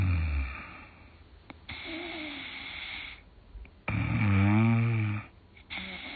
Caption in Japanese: 新しいいびき。 最初はなんかね、ガーって。 この一定のリズムすごくない？。 低音の方が、ちょっとリズム、ついてましたけど。